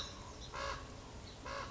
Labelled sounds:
Common Raven (Corvus corax)
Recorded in Sonoma County, California

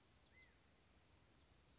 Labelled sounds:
California Quail (Callipepla californica)
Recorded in Sonoma County, California

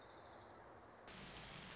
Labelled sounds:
Orange-crowned Warbler (Leiothlypis celata)
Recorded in Sonoma County, California

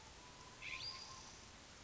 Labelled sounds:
California Scrub-Jay (Aphelocoma californica)
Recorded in Sonoma County, California

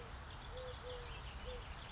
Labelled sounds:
Eurasian Collared Dove (Streptopelia decaocto)
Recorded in Sonoma County, California

